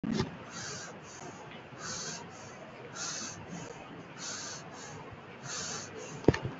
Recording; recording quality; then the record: shallow breathing; excellent, no background noise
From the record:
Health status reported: recovered from COVID-19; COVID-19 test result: positive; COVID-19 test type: RT-PCR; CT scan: taken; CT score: 0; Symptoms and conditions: cough, cold, breathing difficulty, muscle pain, chronic lung disease, pneumonia, diabetes, another condition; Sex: male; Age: 53 years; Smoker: yes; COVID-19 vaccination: none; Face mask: worn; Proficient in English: no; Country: India